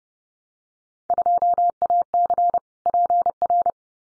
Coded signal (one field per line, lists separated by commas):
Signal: Morse code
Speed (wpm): 30 wpm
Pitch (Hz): 700 Hz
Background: none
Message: 2AC PR